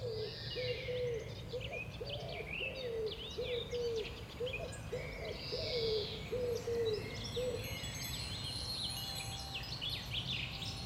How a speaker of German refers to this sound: Die Vögel singen in den Bäumen. Wie friedlich die Vögel aus der Wiese steigen.